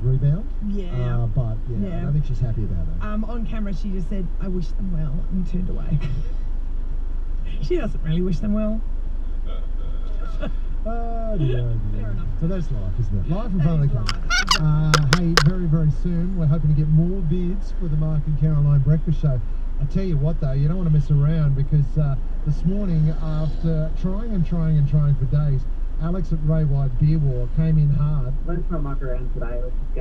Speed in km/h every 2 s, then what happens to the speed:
1, 0, 0, 0, 0, 0, 0, 0, 0, 0, 0, 0, 0, 0, 0.
0-30 standing.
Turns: none.